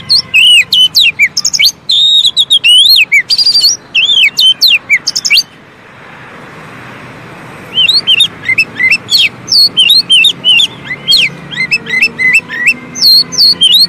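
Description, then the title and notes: Oriental magpie-robin singing bursts of varied whistles and buzzy notes, a pause of a few seconds, then more rapid whistled phrases. Long-duration filler song (isian) for training kept birds to sing actively day and night. "Kacer Jadi Gacor Siang Malam. Isian Kacer Durasi Panjang"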